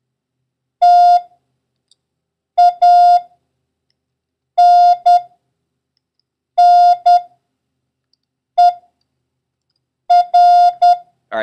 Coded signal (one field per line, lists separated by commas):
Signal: Morse code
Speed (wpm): 10 wpm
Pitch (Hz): 710 Hz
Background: none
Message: TANNER